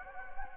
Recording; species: mosquito wingbeat signal from an infrared sensor; Anopheles gambiae